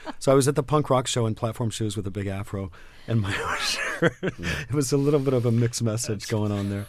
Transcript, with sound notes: So, I was at the punk rock show in platform shoes with a big afro and my (Laughing) shirt - it was a little bit of a mixed message going on there.